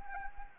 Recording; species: mosquito wingbeat signal from an infrared sensor; Anopheles arabiensis